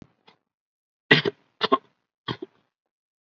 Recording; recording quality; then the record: heavy voluntary cough; excellent, no background noise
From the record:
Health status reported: COVID-19 positive, mild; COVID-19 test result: positive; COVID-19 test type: RT-PCR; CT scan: not taken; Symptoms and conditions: hypertension, diabetes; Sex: male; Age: 70 years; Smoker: no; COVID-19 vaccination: none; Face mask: worn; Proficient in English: no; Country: India